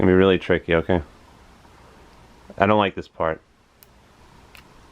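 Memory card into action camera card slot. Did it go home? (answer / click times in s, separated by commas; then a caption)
yes / 3.8 s, 4.5 s. Someone talks as a memory card is pushed into the spring-loaded card slot of a Vemont action camera. Two short, sharp clicks follow at 3.8 s and 4.6 s. The card latches and is seated in the slot.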